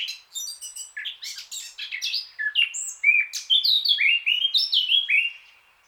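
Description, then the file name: Eurasian blackcap song: a quiet scratchy warble building into loud, clear fluting whistles, ending after about five seconds. "Sylvia atricapilla"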